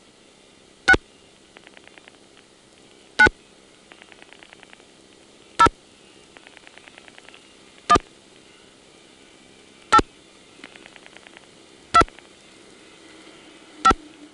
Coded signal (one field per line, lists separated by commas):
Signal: DTMF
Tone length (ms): 60 ms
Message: 6 9 0 1 8 2 5